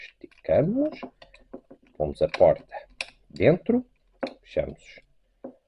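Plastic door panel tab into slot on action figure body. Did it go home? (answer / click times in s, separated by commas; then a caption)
no / none. Someone talks while handling a Transformers Buzzworthy Bumblebee Origin Autobot Jazz figure mid-transformation: the second plastic door panel is raised, stretched out, placed inside and closed against the action figure body, with faint plastic handling sounds between the words. Its small tab has not yet been pushed into the slot, so nothing has seated or clicked yet.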